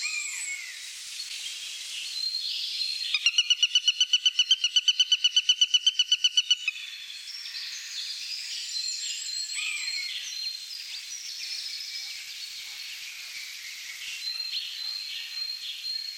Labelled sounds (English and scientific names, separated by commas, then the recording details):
Eurasian Sparrowhawk (Accipiter nisus)
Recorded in the wild
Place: Oberrotweil am Kaiserstuhl, Baden-Württemberg, DE
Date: 1982-03-27
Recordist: Schwarz, Dieter
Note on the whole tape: Song